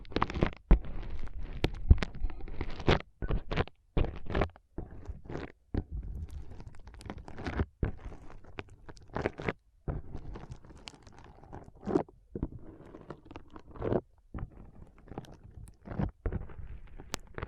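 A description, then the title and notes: Foam being pressed and squeezed in a brain massage, with dense, irregular crunching and rustling bursts broken by brief silences throughout. ASMR Powerful Foam Brain Massage.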